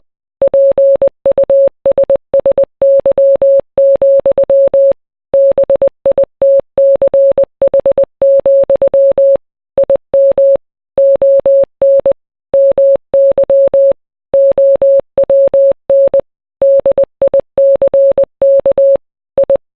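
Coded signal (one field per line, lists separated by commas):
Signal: Morse code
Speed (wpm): 20 wpm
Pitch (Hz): 550 Hz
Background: none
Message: PUSSY, BITCH, IM ON MY OWN DICK I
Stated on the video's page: Kanye West's song Power rendered as Morse code.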